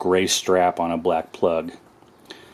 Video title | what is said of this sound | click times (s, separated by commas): S550 '15-18 Mustang Tesla screen install with secret codes | The strap kind of pivots and locks in place. | 2.3 s